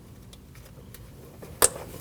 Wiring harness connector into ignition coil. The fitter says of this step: Listen for the click.